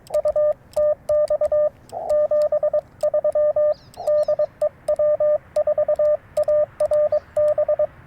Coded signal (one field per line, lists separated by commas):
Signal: Morse code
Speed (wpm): 21 wpm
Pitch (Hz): 590 Hz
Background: radio noise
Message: U TX 73 DE W4ARB